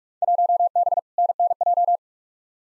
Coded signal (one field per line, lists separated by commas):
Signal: Morse code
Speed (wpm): 46 wpm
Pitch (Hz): 700 Hz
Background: none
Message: 1B NNJ